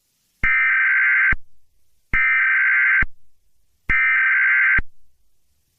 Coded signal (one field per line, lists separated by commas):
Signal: Emergency Alert System (SAME) tones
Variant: header bursts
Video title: Eas Scenario The 5 beasts (Part 5) The Aftermath